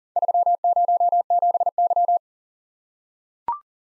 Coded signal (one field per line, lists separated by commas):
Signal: Morse code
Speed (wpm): 41 wpm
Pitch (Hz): 700 Hz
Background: none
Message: 307Y